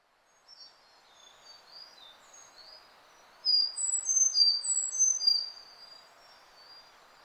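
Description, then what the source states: Sakhalin leaf warbler song, a burst of thin, very high whistled notes in quick succession around the middle, with fainter high chirps before it over steady background hiss. 31 May 2009, 08:55.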